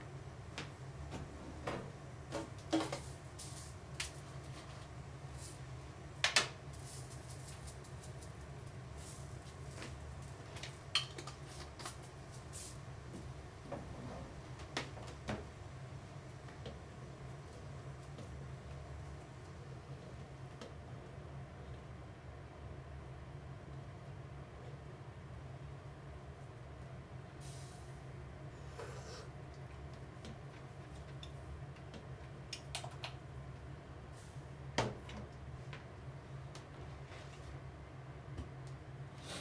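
Kitchen sounds after washing up: a steady low hum runs throughout, with scattered sharp clinks and knocks of dishes or cupboards. The clatter is busiest in the first fifteen seconds, goes quiet in the middle, and returns briefly around the thirty-second mark.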